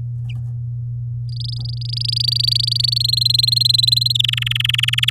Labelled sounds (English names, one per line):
Domestic Canary song